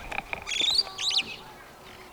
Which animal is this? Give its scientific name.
Lamprotornis superbus